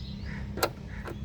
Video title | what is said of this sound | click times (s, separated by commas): How to replace front crash sensors in Kia Sportage | Align the connector with the sensor and push it straight in until it clicks into place. | 0.6 s